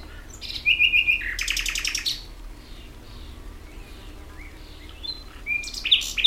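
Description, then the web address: Common nightingale song: brisk repeated chirps leading into a loud rapid rattle, a quiet gap with soft notes, then another phrase begins. "ambient nightingale"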